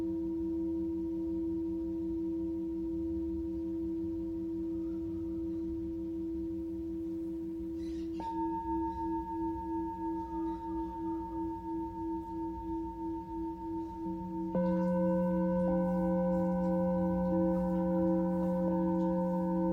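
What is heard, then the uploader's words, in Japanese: A singing bowl hums with a steady, sustained tone full of layered ringing pitches and a slow, pulsing wobble. Around eight seconds a higher tone enters, and near fifteen seconds another strike makes the ringing louder and richer, continuing to the end. シンギングボウルライブ。シンギングボウルの振動。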